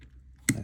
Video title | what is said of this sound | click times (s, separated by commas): Kromer Protector BP55K pick + gut | it go into place there we snapped into place all right | 0.5 s